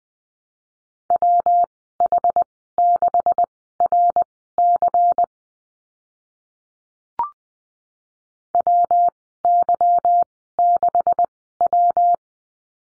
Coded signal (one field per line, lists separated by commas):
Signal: Morse code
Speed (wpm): 19 wpm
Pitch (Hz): 700 Hz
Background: none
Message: WH6RC WY6W